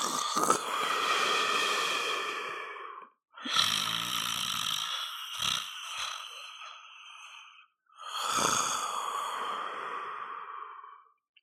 Snore.